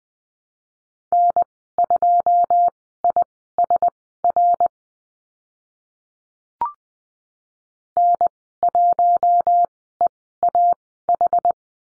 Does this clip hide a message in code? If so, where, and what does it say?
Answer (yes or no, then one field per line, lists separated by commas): yes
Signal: Morse code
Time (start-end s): 1.1-11.5 s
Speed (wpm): 20 wpm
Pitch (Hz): 700 Hz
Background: none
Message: N2ISR N1EAH